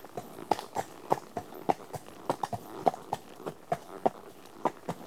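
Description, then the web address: Horse walking: crisp hollow hoofbeats in a steady, slightly uneven rhythm over a soft, steady background hiss. One horse walking on tarmac. "BBC Sound Effects Library. One horse at walk on tarmac"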